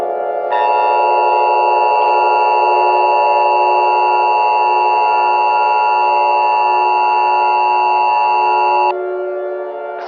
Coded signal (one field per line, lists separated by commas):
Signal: Emergency Alert System (SAME) tones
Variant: 853 and 960 Hz attention tone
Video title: EAS Scenario: Geological Disaster I: SoCal